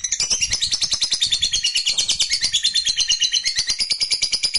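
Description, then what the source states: Lovebird song: dense, fast, squeaky chattering with rapid pulsed notes, unbroken throughout. Fighter-type lovebird singing energetically, described as gacor.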